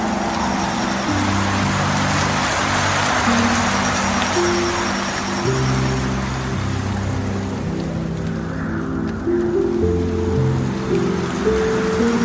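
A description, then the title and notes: Soft piano notes move slowly over a low, sustained tone while steady rain hisses evenly throughout, easing slightly near the end. Relaxing piano music and the gentle embrace of rain sounds. The soft, continuous flow of water in the background enhances the calming effect.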